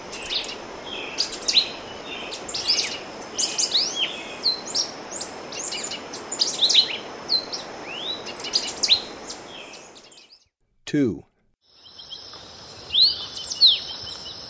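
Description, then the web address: White-lored euphonia song: a busy run of sharp, high chirps and quick slurred whistles for about ten seconds, a brief break with a thump, then a few more high notes, over steady background noise. Recorded in the eastern lowlands of South America. "Natures Songs S America Eastern Lowlands White-lored Euphonia"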